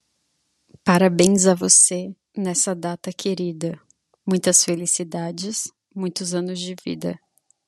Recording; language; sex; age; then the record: short text; Brazilian Portuguese; female; 20 to 29 years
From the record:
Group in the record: control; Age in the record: 26 years